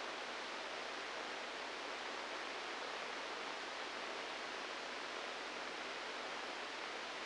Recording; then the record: brain microelectrode recording played as sound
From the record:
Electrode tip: inside the subthalamic nucleus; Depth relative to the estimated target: 3 mm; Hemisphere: left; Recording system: NeuroSet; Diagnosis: Parkinson's disease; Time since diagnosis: 10 years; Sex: male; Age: 63 years